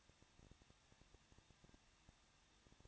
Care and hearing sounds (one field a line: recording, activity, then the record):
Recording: daily activity, microphone in the room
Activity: no activity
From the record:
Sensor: 3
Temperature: 21.2 degrees Celsius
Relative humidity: 36.2%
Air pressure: 1006.5 hPa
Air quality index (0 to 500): 220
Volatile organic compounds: 39 ppm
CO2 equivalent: 3128 ppm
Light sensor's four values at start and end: 2/3/2/2 and 2/3/2/2